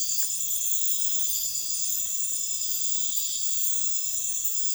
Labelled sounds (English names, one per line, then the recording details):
none
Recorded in dense forest near Puerto Asís, Putumayo, Colombia, on 21 February 2024 at 04:00
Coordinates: 0.505, -76.324
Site G6467